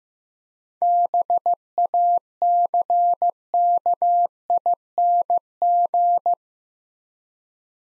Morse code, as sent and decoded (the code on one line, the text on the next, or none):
-... .- -.-. -.- .. -. --.
BACKING